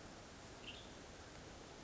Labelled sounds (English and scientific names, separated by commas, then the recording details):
Western Tanager (Piranga ludoviciana)
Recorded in Sonoma County, California